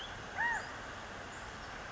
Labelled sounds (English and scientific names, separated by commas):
California Quail (Callipepla californica)